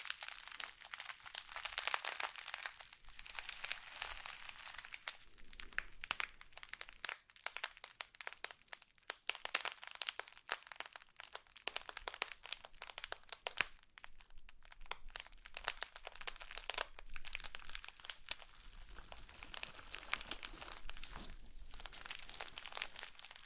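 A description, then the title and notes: Bright crackling and crinkling of slime being squeezed, a dense run of tiny pops and crunches with short pauses throughout. Satisfying ASMR Slime To Cause Your Tingles ~No Talking.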